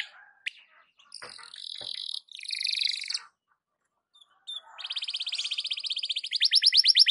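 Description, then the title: Canary song with softer buzzy phrases and scratchy notes, a pause, then a rapid trill rising in loudness toward the end. Belgian canary song in the morning, for warming up Belgian canaries; suitable for masteran (tutoring other birds). "Canto Para Esquentar Canário Belga. SUARA BURUNG KENARI DI PAGI HARI COCOK BUAT MASTERAN"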